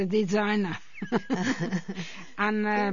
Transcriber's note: they laugh